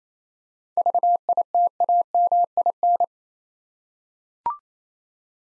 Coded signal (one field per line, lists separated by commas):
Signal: Morse code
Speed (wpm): 27 wpm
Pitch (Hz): 700 Hz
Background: none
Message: VITAMIN